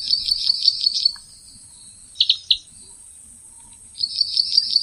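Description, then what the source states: Bird singing a rapid, high, buzzy trill, then two sharp chips, then the trill again, over a steady high-pitched insect-like whine. Bird song recording intended for training pet songbirds.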